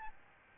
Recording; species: mosquito wingbeat signal from an infrared sensor; Aedes albopictus